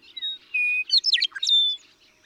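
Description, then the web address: Western meadowlark song: flute-like sustained whistles lead into a burst of gurgling, slurred notes and finish with a bright held whistle, over a quiet background. "birdsongforthecurious, Western Meadowlark"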